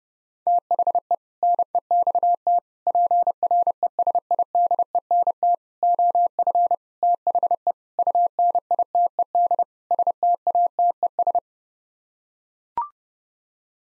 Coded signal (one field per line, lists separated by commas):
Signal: Morse code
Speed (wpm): 32 wpm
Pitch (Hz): 700 Hz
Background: none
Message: THE NEXT PRESIDENT OF THE UNITED STATES